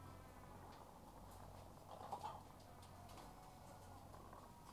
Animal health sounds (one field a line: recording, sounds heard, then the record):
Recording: poultry house recording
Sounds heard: sick chickens (respiratory disease)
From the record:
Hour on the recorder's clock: 12